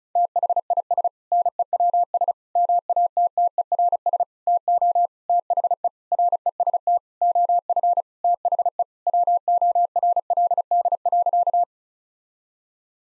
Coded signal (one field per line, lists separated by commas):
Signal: Morse code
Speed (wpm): 36 wpm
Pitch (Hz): 700 Hz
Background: none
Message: THIS NEWS MATTERS TO THE REST OF THE WORLD.